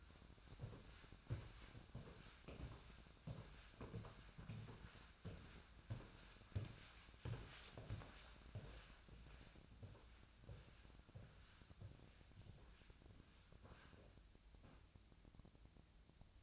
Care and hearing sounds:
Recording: daily activity, microphone in the room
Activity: walk to room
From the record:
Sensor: 2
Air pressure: 1009.9 hPa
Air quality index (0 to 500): 176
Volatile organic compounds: 10 ppm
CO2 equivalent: 2210 ppm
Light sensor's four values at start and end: 34/85/36/40 and 35/86/37/41

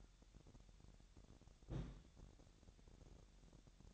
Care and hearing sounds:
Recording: daily activity, microphone in the room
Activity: place on stove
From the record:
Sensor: 3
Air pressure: 1012.0 hPa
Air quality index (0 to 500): 199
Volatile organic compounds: 3 ppm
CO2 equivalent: 1489 ppm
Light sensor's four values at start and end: 117/275/113/102 and 116/274/113/101

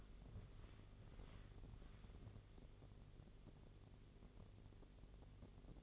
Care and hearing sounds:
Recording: daily activity, microphone in the room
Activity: walk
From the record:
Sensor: 4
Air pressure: 1001.2 hPa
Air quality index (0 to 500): 174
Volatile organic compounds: 2 ppm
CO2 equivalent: 1251 ppm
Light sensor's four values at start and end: 14/32/13/13 and 14/32/13/13

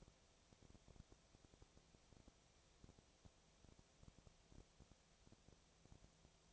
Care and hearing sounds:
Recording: daily activity, microphone in the room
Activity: no activity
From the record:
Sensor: 1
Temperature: 19.6 degrees Celsius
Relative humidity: 36.5%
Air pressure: 997.1 hPa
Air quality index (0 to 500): 204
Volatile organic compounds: 129 ppm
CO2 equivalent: 3922 ppm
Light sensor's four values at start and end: 1/2/1/1 and 1/2/1/1

